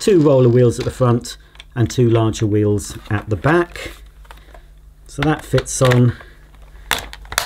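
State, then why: Seated. A part is pushed onto the motorised floor nozzle of an AEG FX9 X Ultimate cordless vacuum cleaner, which has two roller wheels at the front and two larger wheels at the back. Someone talks, followed by light handling sounds and a sharp click at 6.9 s, then a few more clicks. The part clicks into position, and the click is needed for it to make electrical connection.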